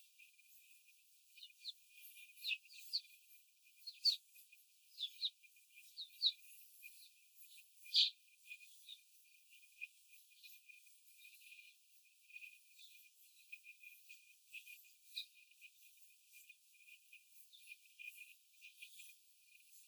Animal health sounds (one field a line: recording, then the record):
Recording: young laying hens in a cage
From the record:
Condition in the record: after the stressor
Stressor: simulated dog barking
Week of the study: 4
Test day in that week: 1